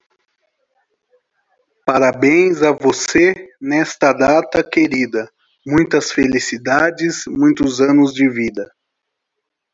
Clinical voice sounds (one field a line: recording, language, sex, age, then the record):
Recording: short text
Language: Brazilian Portuguese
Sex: male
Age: 30 to 39 years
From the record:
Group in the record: control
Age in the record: 35 years